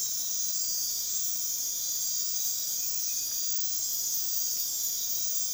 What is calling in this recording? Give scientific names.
none